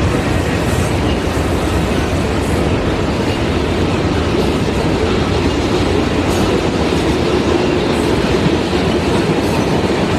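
A train rolls steadily along the tracks with a dense, low rumble and constant rattling, faint brief clicks surfacing every second or two.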